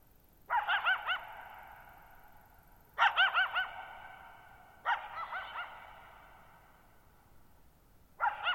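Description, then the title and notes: Coyote yipping and barking, quavering bursts of several quick notes roughly every two to three seconds, each ringing out in a long echo. One coyote at night, July 14, 2019, near Thirtymile Meadows, Okanogan National Forest, Okanogan High Country, Pacific Northwest, 6400 ft (1950 m), shallow bowl-shaped meadow on a high dry plateau. "Lone Coyote at Thirtymile Meadows. night of July 14, 2019, camped near Thirtymile Meadows in the Okanogan National Forest at 6400 ft (1950 m)"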